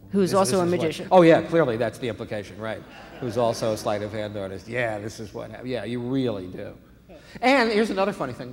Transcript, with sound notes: Who's also a magician?
Oh, yeah. Clearly, that's the implication - right...
(LAUGHTER)
...Who's also a sleight-of-hand artist. Yeah, this is what happened. Yeah, you really do. And here's another funny thing.